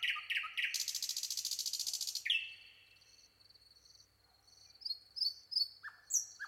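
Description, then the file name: Common nightingale delivering a few sharp notes, then a long rapid buzzing rattle, followed by quiet high whistles and louder rising notes, with a steady faint tone behind. "Luscinia megarhynchos"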